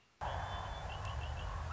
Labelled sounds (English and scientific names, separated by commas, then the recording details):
Red-winged Blackbird (Agelaius phoeniceus)
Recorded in Sonoma County, California